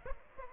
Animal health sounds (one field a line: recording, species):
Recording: mosquito wingbeat signal from an infrared sensor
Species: Aedes aegypti